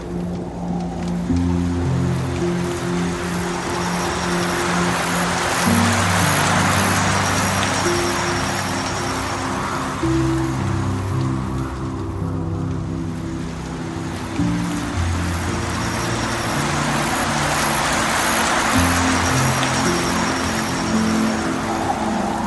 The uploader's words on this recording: Relaxing piano music and the gentle embrace of rain sounds. The soft, continuous flow of water in the background enhances the calming effect.